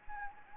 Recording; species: mosquito wingbeat signal from an infrared sensor; Anopheles gambiae